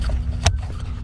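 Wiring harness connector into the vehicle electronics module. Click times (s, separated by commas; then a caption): 0.5 s. A wiring harness connector on a Gen6 Camaro, part of a live rear view mirror install, is plugged back into the vehicle electronics module and snaps home with a sharp click at 0.5 s over steady low background hum. The connector is seated and the power connection is done.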